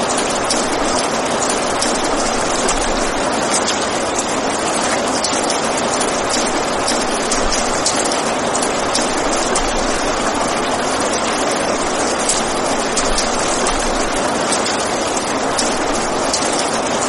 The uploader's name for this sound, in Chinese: 雷雨声：暴雨